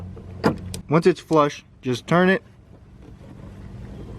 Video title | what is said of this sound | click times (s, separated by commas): INSTALLING LED HEADLIGHTS IN 3 MINS - QUICKEST HOW TO - 2016+ Toyota Tacoma | there's no wrong way of doing it just push it back in until you hear it click | 0.7 s